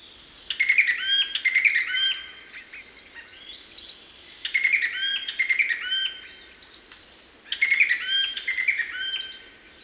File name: Golosa ptic - Oshejnikovyj dubonos Mycerobas affinis